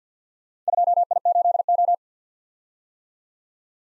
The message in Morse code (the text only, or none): 2I8O